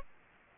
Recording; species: mosquito wingbeat signal from an infrared sensor; Aedes aegypti